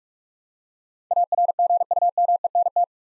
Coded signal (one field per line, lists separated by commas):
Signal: Morse code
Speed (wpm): 44 wpm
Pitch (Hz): 700 Hz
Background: none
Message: ARGUMENT